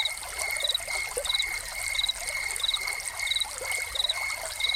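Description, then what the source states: Crickets chirping, short pulsed chirps repeating steadily, two pitch bands, over constant trickling, splashing water. Crickets recorded together with a fountain as a soundscape.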